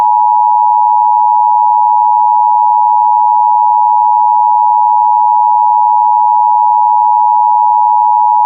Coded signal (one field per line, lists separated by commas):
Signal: Emergency Alert System (SAME) tones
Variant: 853 and 960 Hz attention tone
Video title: [EAS Scenario 2] Escondido Explosion